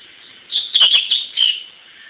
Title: Canto Coleiro